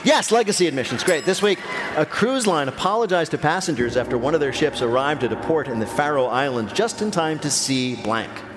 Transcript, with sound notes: Yes, legacy admissions. Great.
(SOUNDBITE OF BELL)
This week, a cruise line apologized to passengers...
(SOUNDBITE OF GONG)
...After one of their ships arrived at a port in the Faroe Islands just in time to see blank.